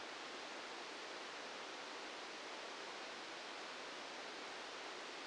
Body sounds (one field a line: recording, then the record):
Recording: brain microelectrode recording played as sound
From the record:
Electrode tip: outside the subthalamic nucleus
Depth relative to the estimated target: -4 mm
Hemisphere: left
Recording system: NeuroSet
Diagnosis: Parkinson's disease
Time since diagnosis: 8 years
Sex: male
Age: 59 years